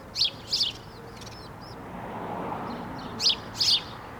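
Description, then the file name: House sparrow chirps, two pairs of loud bright chirps at the start and end, with faint twittering and a low rumble in between. "Passer domesticus"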